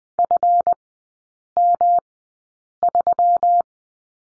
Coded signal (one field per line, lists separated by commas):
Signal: Morse code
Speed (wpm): 20 wpm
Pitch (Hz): 700 Hz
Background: none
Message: FM3